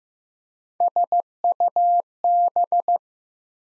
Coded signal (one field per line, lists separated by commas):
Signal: Morse code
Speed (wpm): 15 wpm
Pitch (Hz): 700 Hz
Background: none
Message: SUB